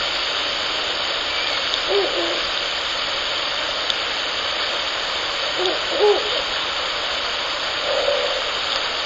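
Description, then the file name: Ural owl giving low hooting phrases near two, six and eight seconds, under constant heavy hiss. A male and a female. "フクロウ ♂♀"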